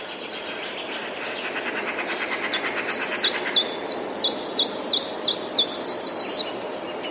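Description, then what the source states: Common chiffchaff song of bright, falling notes repeated rapidly in a steady rhythm. It begins after a softer, buzzy, chirping phrase. Recorded 11 April 2019.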